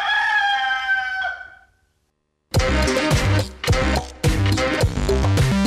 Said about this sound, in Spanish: Se ve que le agarró el frío al gallo de Riña, porque no cantó más ese gallo.